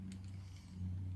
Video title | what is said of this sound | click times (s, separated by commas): 15 May 2023 | okay clip your body nice and easy you'll hear it click into place like that | 0.1 s